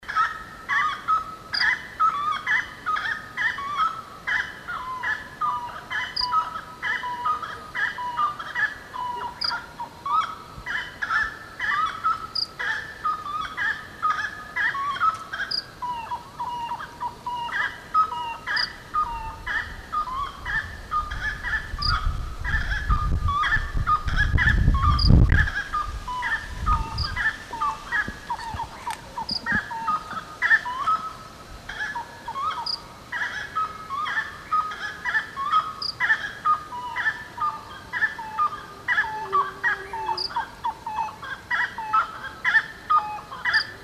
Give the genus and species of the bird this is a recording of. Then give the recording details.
Aramides cajaneus. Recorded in the wild. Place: Pirenopolis, Goias, BR. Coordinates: -15.8447, -48.9583. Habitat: savannah. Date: 2013-09-10. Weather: 20°C, clear night, weak wind. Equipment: Olympus LS-3, Olympus ME31. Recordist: Frommolt, Karl-Heinz